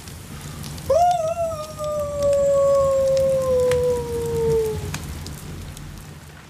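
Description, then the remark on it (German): A wolf lets out one long, mournful howl that swoops up at first, then holds and slowly sinks in pitch for about four seconds over a steady rain-like hiss. “Wahrscheinlich ein Elch. Oder ein Wolf.”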